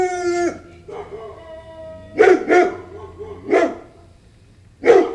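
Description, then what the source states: Dog barking: a drawn-out whining tone opens, then single deep barks and a quick double bark come at irregular gaps. Large dog barking with light snarling.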